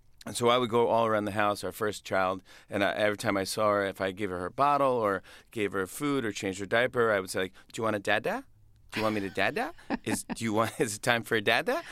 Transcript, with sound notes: And so I would go all around the house - our first child - and every time I saw her, if I'd give her her bottle or gave her food or changed her diaper, I would say, do you want a dada?
(Laughter).
Do you want me to dada? Is - do you want - is it time for a dada?